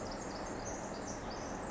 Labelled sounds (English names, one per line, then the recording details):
Pacific Wren
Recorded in Sonoma County, California